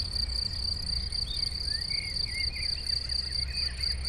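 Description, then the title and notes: Crickets in a steady high-pitched chorus with a pulsing trill throughout, a few short bird chirps rising above, and a low road rumble underneath. Chorus of crickets in a sunny west-facing sloping meadow at Chindrieux, France, with birdsong from surrounding trees and traffic noise from the nearby road. "Chindrieux, France - Concert de grillons. Dans une prairie ensoleillée en pente orientée à l'Ouest , concert de grillons et chants d'oiseaux dans les arbres à l'entour , bruits de circulation de la route proche"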